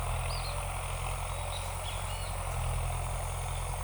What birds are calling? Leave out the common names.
none